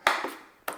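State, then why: Seated. The telescoping trolley handle of an Inmotion V12S electric unicycle is worked one-handed and locks into place in the unicycle body. Two sharp clicks are heard at 0.1 s and 0.7 s, each ringing briefly. The handle is seated, locked in position.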